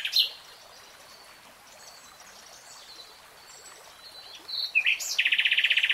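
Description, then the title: Nightingale song: a sharp burst of notes, a quiet pause, then a fast, dry, buzzy rattle of repeated notes at the end. Nightingale singing, from a three-hour real-time recording. "[Tiếng chim hót] Nightingale Singing"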